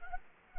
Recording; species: mosquito wingbeat signal from an infrared sensor; Culex quinquefasciatus